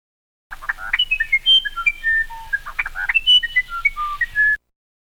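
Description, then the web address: Wren warbling a four-second phrase of quick whistled notes that leap between high and lower pitches, some notes held, others clipped short. "Psych Book. Categorical Wren Warbling"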